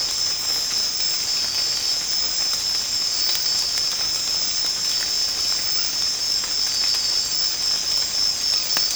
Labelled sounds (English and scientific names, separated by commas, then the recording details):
none
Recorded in secondary vegetation near Puerto Asís, Putumayo, Colombia, on 8 March 2025 at 04:30
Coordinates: 0.485, -76.322
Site G040